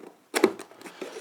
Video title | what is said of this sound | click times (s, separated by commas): Volantex Ranger 1600 overview | FPV gear canopy, a little slot for a panning servo that just clicks into place. | 0.4 s